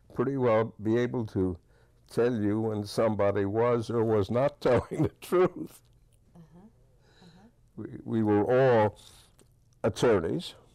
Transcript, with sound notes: pretty well be able to tell you when somebody was or was not telling the truth! (Chuckles) We were all attorneys.